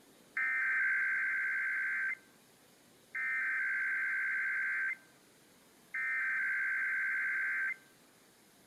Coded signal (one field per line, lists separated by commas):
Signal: Emergency Alert System (SAME) tones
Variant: header bursts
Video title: [EAS #55-58] San Francisco and Fresno's February RMT's